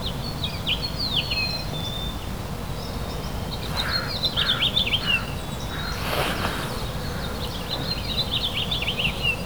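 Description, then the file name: House finch giving bright, warbling notes in quick bursts of rising and falling chirps, over a steady low rumble with a couple of brief broad noise bursts. Recorded at E 18th and Winlaw. "Harvey Dueck E 18 th-and-Winlaw house-finch"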